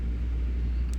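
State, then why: Seated. A replacement LCD display for a Motorola DP3600 handheld UHF radio is placed and pressed down into its mount in the plastic front housing. Over a steady low rumble, a short, sharp click at 0.9 seconds marks the display snapping into place. The display is seated.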